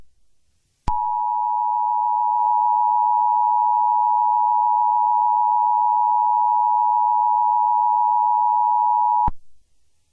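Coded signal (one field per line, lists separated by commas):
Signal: Emergency Alert System (SAME) tones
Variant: 853 and 960 Hz attention tone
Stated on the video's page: Fake EAS scenario simulating a national test.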